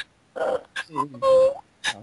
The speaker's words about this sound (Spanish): No sé dónde estoy. Se escucha alguien que llora